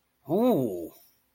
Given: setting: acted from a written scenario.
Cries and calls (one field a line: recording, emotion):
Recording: vocal sound without words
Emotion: pain